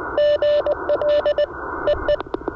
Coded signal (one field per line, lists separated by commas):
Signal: Morse code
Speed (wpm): 19 wpm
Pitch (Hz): 590 Hz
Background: none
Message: GL EE